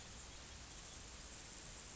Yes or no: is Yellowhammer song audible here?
no